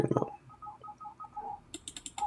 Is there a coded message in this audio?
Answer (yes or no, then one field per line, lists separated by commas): no